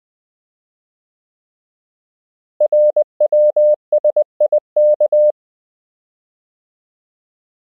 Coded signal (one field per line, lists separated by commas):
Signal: Morse code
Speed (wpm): 20 wpm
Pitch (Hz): 600 Hz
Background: none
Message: RWSIK